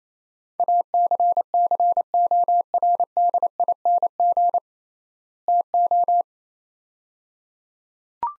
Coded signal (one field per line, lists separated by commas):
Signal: Morse code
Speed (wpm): 28 wpm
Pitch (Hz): 700 Hz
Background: none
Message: ACCORDING TO